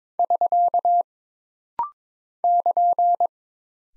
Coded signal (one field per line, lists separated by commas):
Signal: Morse code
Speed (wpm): 22 wpm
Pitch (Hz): 700 Hz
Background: none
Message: <SK> <KN>